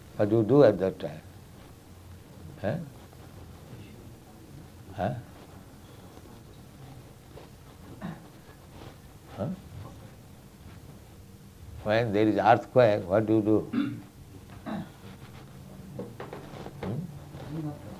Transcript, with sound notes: What do you do at that time? Huh? Huh? [pauses, waiting for an answer] When there is earthquake, what do you do? Hmm?